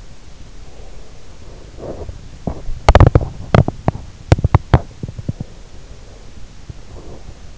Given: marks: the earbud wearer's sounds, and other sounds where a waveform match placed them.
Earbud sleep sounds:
sounds in sleep by an in-ear microphone; breath, teeth grinding
0.41-2.09 s: breath
2.81-5.55 s: teeth grinding
5.00-7.58 s: breath

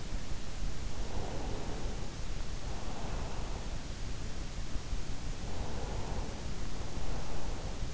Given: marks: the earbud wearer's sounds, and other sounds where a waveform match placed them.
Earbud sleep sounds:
sounds in sleep by an in-ear microphone; breath
1.10-4.13 s: breath
5.82-7.93 s: breath

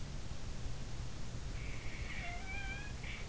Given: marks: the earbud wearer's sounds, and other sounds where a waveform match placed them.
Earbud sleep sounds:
sounds in sleep by an in-ear microphone; snoring breath
1.84-3.15 s: snoring breath

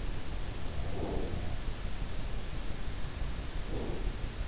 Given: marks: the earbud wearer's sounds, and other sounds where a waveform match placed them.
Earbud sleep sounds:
sounds in sleep by an in-ear microphone; breath
0.72-1.63 s: breath
3.57-4.08 s: breath

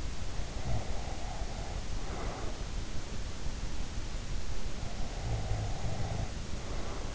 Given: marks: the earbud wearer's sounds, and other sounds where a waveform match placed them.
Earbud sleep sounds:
sounds in sleep by an in-ear microphone; breath, snoring breath
0.50-2.57 s: breath
5.16-7.15 s: snoring breath

